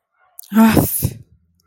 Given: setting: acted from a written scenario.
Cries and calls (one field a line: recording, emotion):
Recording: vocal sound without words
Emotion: contempt